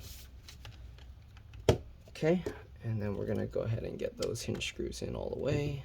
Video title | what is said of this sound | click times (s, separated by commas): Dell Inspiron 15 3558 Disassembly RAM SSD Hard Drive Upgrade Battery Replacement Repair | Okay so make sure these click into place | 0.7 s, 1.7 s